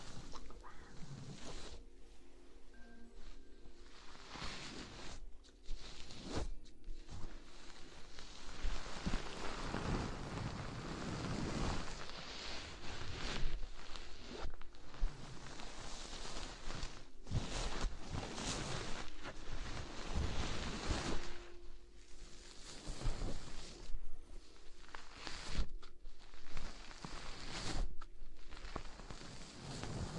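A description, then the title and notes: Soft ear blowing for ASMR, breathy gusts of air that swell and fade in uneven bursts every second or two. Some puffs are short, others stretch into longer rushing breaths, with brief quiet gaps and faint low rumbles between them. ASMR Ear blowing.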